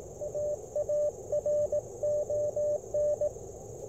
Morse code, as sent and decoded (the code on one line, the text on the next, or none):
.- .- .-. --- -.
AARON